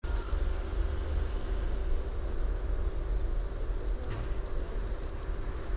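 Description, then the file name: Eurasian blue tit with scattered high, thin notes, a few at the start and a busier string of short falling calls near the end. "Cyanistes caeruleus"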